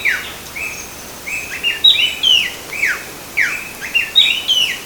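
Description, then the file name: Long-billed wren song of bright whistles, some held level and some sliding down. Three birds; Bertioga, São Paulo state, Brazil; recorded 17-8-12. "Thryothorus-longirostris-3 birds-Bertioga-SP-Brazil-17-8-12-ASilveira"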